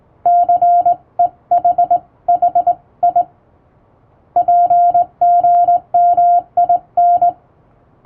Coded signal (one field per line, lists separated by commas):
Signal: Morse code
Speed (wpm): 20 wpm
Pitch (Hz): 700 Hz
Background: radio noise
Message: CEH HI PGMIN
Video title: モールスを正しい姿勢、基本的な打ち方で打ちました！綺麗な手打ちモールス符号で送信しよう！欧文モールス信号を電報練習帳で打ってみました！電気通信術の練習にどうぞ(morse code practice)